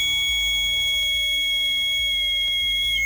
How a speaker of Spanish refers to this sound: El experimento fue muy sencillo y en lo que consistía era hacer una serie de pruebas sistemáticamente. Fueron palmadas, voces femeninas, masculinas, las dos juntas. Silbatos uno o dos intermitentes.